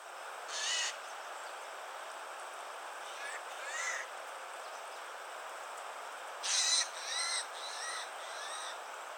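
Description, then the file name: Eurasian jay calls, faint: a scratchy note, a softer rising call, then a cluster of short nasal harmonic notes near the end over steady hiss. "Garrulus glandarius"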